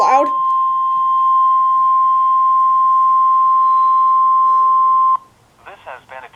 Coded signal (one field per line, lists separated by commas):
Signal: Emergency Alert System (SAME) tones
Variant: 1050 Hz attention tone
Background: speech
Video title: [EAS #21] NOAA All Hazards Weather Radio Test (08/28/19)